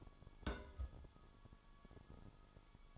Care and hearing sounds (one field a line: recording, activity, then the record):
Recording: daily activity, microphone in the room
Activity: place on stove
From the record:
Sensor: 5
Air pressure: 1008.1 hPa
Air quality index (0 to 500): 115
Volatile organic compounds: 1 ppm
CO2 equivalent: 888 ppm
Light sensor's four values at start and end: 27/56/24/25 and 27/60/25/25